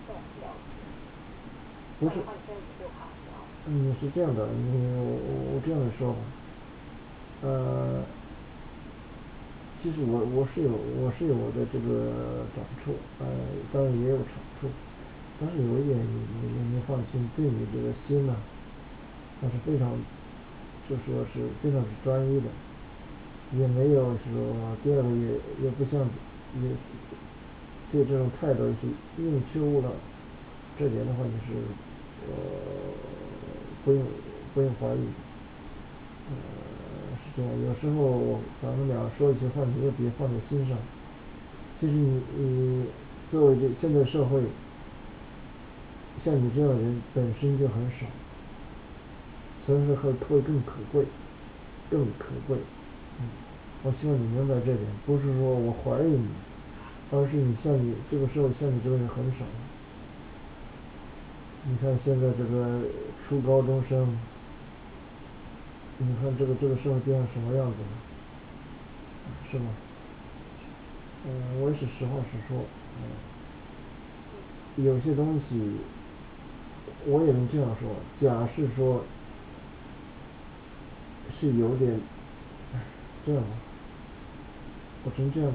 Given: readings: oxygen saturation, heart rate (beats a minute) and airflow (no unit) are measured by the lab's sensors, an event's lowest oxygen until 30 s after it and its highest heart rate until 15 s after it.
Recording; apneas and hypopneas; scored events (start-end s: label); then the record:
a person awake in a sleep study, by a voice recorder at the bedside; none
0.00-85.55 s: awake
From the record:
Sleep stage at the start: awake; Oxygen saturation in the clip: 95 to 96%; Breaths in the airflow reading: 19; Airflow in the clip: -6.6 to 5.6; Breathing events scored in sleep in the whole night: 216 in 7.0 hours asleep